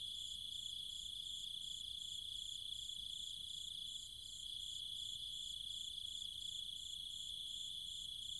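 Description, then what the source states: Monotonous high cicada buzzing with rapid even pulsing above it, a brief softening near four seconds, and no other clear sounds. Cicadas and other insects calling at night in trees and fields, countryside, Chiang Mai, Thailand.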